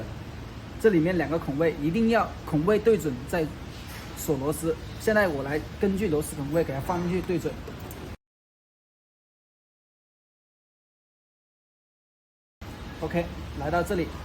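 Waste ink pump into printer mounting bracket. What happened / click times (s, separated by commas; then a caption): The pump was lined up with its screw holes and no seating click was heard / none. A waste ink pump for a 2023 ACHI A3 Roll DTF printer is positioned against the printer's mounting bracket and lined up with its screw holes before being pushed home. Someone talks throughout, with a stretch of silence from about 8.2 to 12.6 seconds. Nothing has seated or clicked yet.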